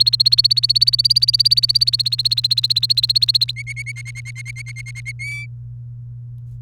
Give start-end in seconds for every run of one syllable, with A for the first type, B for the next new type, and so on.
0.00-3.51 A, 3.56-5.12 B, 5.19-5.46 C